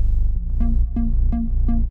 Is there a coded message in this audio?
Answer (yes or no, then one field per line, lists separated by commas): no